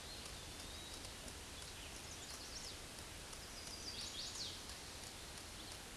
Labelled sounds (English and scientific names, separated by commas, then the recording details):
Chestnut-sided Warbler (Setophaga pensylvanica) song
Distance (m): 50 m
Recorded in a Pennsylvania forest on 18 May 2023 at 09:50
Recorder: AudioMoth, point grid1_24_low
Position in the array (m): 138 m, 198 m